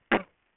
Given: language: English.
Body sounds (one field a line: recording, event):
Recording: throat vibration sensor signal played as sound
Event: cough